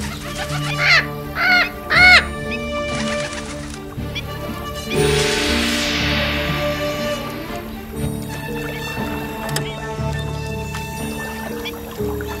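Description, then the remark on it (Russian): A bird caws three times in quick succession, harsh and loud calls, followed by a rushing whoosh over a steady low rumbling background. “Эй, птичка, привет!”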